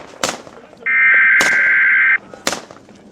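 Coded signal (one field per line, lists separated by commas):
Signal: Emergency Alert System (SAME) tones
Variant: header bursts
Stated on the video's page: Simulated EAS scenario made with EAS Simulator Pro software, not a real alert.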